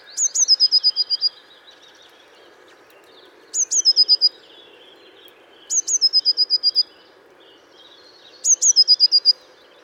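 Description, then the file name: Eurasian blue tit: four bursts of thin, high, rapid notes, each opening sharply then settling into a fast even trill, repeated about every three seconds over a faint steady hum. "Cyanistes caeruleus"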